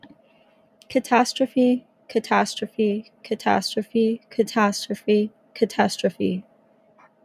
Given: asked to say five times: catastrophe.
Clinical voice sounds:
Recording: repeated word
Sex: female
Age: 20 to 29 years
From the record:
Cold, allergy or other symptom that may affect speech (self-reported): no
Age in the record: 25 years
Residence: Washington, United States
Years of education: 17

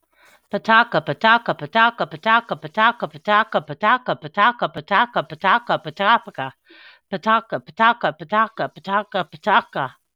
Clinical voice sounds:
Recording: repeated syllables /pa ta ka/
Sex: female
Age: 40 to 49 years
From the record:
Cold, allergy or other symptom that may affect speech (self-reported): no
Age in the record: 45 years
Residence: Tennessee, United States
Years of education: 15

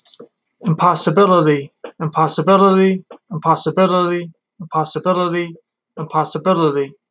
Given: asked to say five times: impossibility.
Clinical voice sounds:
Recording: repeated word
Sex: male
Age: 30 to 39 years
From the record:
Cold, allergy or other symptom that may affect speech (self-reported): no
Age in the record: 32 years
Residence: New Jersey, United States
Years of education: 12

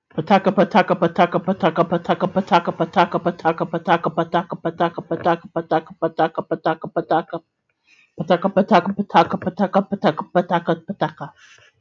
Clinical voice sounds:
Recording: repeated syllables /pa ta ka/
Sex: female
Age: 20 to 29 years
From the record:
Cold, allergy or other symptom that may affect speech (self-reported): no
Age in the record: 27 years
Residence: Ohio, United States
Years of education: 15

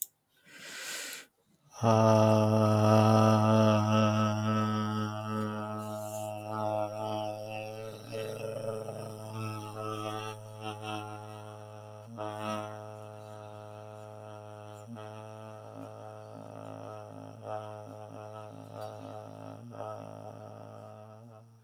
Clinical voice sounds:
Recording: vowel held as long as possible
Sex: male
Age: 20 to 29 years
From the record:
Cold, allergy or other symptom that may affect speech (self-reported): no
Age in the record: 26 years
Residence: Maine, United States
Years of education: 17

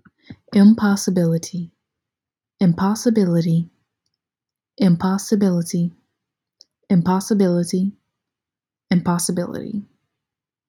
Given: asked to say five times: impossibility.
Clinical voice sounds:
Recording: repeated word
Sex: female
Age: 20 to 29 years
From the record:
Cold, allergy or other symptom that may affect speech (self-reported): no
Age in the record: 23 years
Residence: Georgia, United States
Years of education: 18

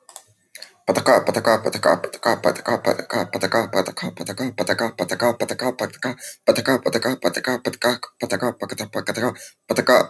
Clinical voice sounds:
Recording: repeated syllables /pa ta ka/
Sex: male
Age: 20 to 29 years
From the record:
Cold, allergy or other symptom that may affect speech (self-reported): no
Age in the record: 28 years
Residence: United Kingdom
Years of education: 16

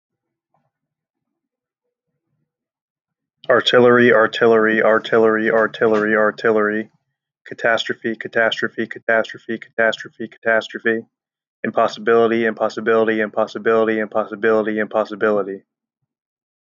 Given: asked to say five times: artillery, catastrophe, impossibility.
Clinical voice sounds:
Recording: three words, each repeated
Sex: male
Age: 20 to 29 years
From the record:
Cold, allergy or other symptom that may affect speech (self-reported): no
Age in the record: 29 years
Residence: Pennsylvania, United States

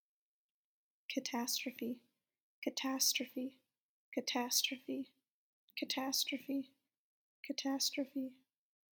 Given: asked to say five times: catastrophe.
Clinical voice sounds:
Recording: repeated word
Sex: female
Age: 20 to 29 years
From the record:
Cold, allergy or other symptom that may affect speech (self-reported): no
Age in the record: 23 years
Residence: Virginia, United States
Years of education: 17

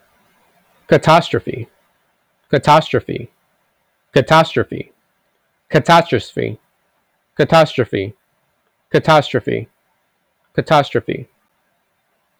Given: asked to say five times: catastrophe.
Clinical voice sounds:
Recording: repeated word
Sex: male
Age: 20 to 29 years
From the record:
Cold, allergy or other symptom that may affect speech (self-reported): no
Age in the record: 24 years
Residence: United States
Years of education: 12

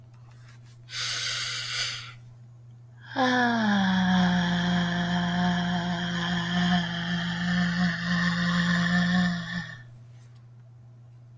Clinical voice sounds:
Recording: vowel held as long as possible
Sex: female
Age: 40 to 49 years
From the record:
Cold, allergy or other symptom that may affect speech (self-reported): no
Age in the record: 42 years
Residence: Ohio, United States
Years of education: 17

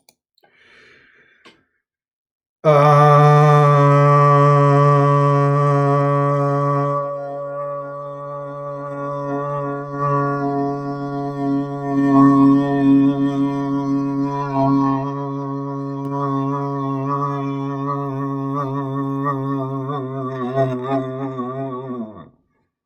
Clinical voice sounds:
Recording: vowel held as long as possible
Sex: male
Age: 30 to 39 years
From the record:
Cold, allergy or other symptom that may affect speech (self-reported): no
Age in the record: 32 years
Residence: Minnesota, United States

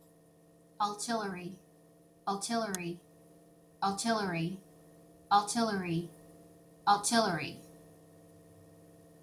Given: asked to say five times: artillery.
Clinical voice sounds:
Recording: repeated word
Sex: female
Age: 30 to 39 years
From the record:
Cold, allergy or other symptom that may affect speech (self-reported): no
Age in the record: 33 years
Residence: Florida, United States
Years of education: 12

